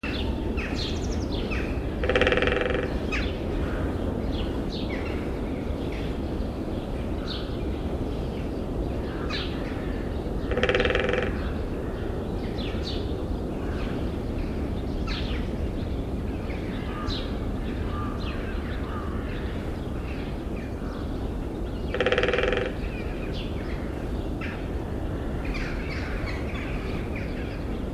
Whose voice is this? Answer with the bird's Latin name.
Dendrocopos major